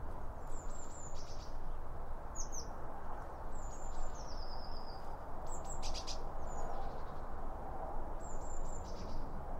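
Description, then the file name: Small birds twittering with thin, very high chirps and short descending notes in clusters every second or two, over a steady low hum. Birds around a bird feeder, recorded with two Line Audio OM 1 microphones. "Birds Around Birdfeeding With Two Om 1 From Line Audio"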